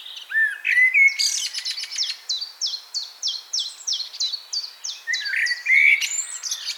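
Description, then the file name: Common blackbird song opening with a mellow whistled phrase, then a long run of sharp high squeaky notes repeated rapidly, ending with another soft warble. "Turdus merula"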